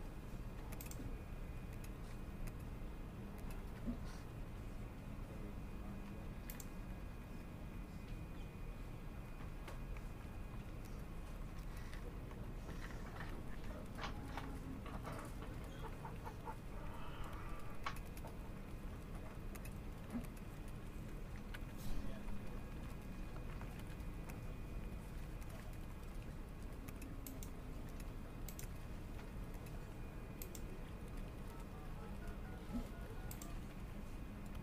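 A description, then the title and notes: A steady, low machine hum fills a busy office, dense and unchanging throughout. Faint murmuring voices sit underneath, and scattered sharp clicks and taps surface now and then, gathering briefly around the middle, with one louder knock near twenty-two seconds. A corner office in a commercial building. The sound of conversations, Xerox machines, keyboard typing, and phones ringing.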